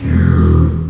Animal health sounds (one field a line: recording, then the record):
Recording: squeal of a Yucatan mini pig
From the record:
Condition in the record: after surgery on the right vocal fold (resection and tissue-engineered implant)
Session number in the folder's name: 12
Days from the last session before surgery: 105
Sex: female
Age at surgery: 19 weeks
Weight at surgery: 25 kg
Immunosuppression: prednisolone